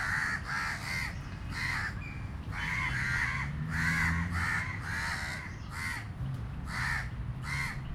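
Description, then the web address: Crow cawing, harsh nasal caws repeated in quick bursts throughout, with a steady low street rumble underneath. Street recording, South India, 2018. "travelogue 2018 South India street recordings birds. crows"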